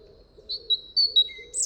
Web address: SETE data Erithacus rubecula